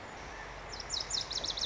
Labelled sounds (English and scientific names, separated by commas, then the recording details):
Lazuli Bunting (Passerina amoena)
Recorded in Sonoma County, California